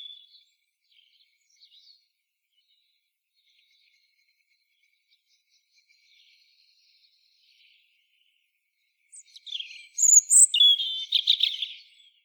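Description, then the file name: European robin giving one short burst of high, jumbled twittering and trilled notes near the end after a long, near-silent stretch. "Erithacus rubecula"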